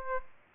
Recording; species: mosquito wingbeat signal from an infrared sensor; Aedes aegypti